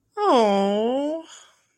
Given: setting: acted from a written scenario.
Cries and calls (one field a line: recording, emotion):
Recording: vocal sound without words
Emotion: adoration